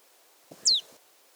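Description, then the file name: Marsh tit single call, a sharp high note dropping quickly in pitch, with faint low rustling around it. "Poecile palustris"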